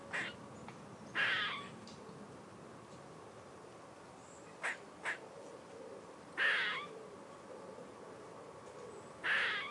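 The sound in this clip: Grey squirrel calls: three drawn-out, harsh rasping notes spaced a few seconds apart, with a few brief sharp clicks between them.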